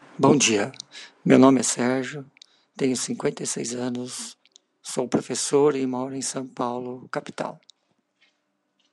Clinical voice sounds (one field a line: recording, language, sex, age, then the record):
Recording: spoken sentence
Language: Brazilian Portuguese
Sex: male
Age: 50 to 59 years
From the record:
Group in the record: control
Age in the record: 56 years